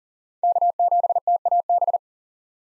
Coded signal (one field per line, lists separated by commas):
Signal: Morse code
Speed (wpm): 38 wpm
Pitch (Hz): 700 Hz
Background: none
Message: K7TAB